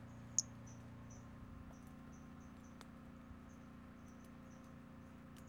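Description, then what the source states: Pumpkin toadlet calling: one loud high chirp early, followed by a string of softer, short high-pitched notes, over low hum. Recorded 5 February 2016.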